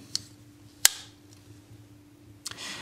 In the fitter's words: the blade snaps into place with authority